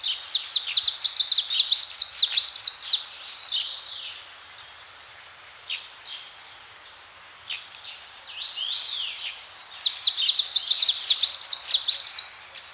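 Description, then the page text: Greenish warbler singing high, rapid, jumbled phrases of sharp chirps and slurred notes, two bursts of song separated by quieter warbling, with faint background hiss. "Greenish Warbler Song 2. Quick Sounds"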